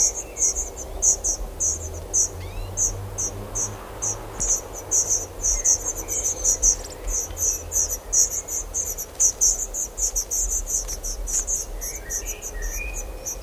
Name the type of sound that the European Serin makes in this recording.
call